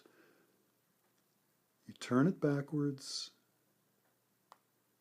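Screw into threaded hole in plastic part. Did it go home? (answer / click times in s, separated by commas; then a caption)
yes / 4.5 s. A screw in a threaded hole in a plastic part is turned slowly backwards while someone talks, until its threads line up with the threads already cut in the plastic. At 4.5 s a short, faint click is heard as the screw threads drop into the existing plastic threads and seat.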